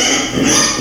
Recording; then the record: squeal of a Yucatan mini pig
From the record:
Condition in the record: before surgery on the right vocal fold (resection and tissue-engineered implant); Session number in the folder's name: 2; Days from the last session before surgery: 0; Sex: male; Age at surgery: 12 weeks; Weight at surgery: 13 kg